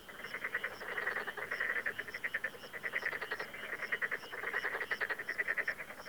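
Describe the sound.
Frogs calling in a dense chorus: rapid pulsed croaking trains overlap continuously, swelling and fading in waves, with a higher faint chirp repeated in the background.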